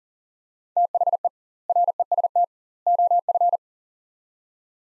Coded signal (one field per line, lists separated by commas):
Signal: Morse code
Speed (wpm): 40 wpm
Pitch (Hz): 700 Hz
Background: none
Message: THE REST OF